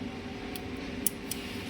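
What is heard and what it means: A memory card is pushed into the card slot of a powered-off touch screen controller, and it seats with a sharp click at 1.1 s. Two fainter ticks come at about 0.6 s and 1.3 s over a steady low hum.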